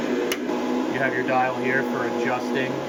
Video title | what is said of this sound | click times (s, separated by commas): YESWELDER CUT 65DS Plasma Cutter REVIEW!! | when you're done adjusting just push this down till it clicks | 0.3 s